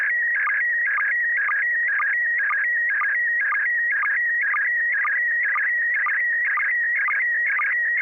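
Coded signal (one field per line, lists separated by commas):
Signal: SSTV (slow-scan television)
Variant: PD120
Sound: warbling electronic tone around 2 kHz with steady rhythmic low blips twice a second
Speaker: okay uh very good we'll go ahead and send the picture it's going to be [Music] pd120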